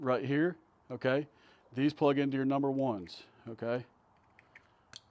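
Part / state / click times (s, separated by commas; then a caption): tail light wiring plug into harness connector / seated / 5.0 s. Someone talks while a Morimoto XB tail light wiring plug, part of a backup light boost bar install, is pushed into its harness connector marked number one. Faint small clicks are heard near 4.4 and 4.6 seconds before a sharper click at 5.0 seconds as the plug seats in the connector.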